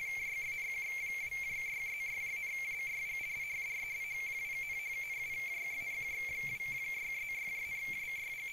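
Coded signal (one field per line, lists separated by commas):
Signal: RTTY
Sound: continuous warbling two-tone chirp, rapidly switching between two close high pitches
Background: low hum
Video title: Minimodem Arduino RTTY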